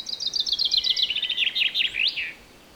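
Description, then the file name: Common chaffinch song: a fast descending trill of bright notes slowing into a rolling terminal flourish, then silence. "Fringilla coelebs"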